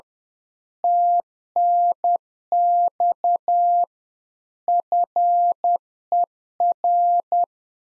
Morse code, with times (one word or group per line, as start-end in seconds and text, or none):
0.8-3.8 TNX
4.7-7.4 FER